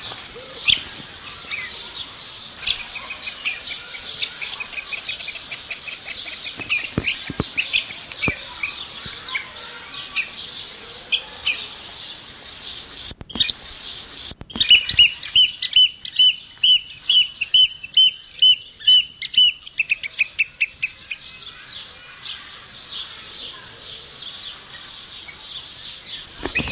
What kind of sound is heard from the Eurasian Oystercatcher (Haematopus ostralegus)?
call